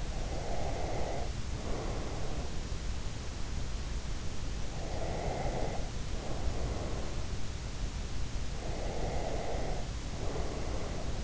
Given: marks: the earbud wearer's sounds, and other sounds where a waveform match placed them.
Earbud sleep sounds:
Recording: sounds in sleep by an in-ear microphone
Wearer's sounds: breath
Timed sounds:
0.00-2.72 s: breath
4.85-6.98 s: breath
8.66-11.24 s: breath

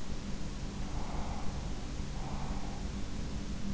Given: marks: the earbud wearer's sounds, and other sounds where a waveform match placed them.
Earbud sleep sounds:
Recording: sounds in sleep by an in-ear microphone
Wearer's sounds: breath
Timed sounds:
0.69-3.15 s: breath

